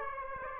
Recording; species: mosquito wingbeat signal from an infrared sensor; Aedes aegypti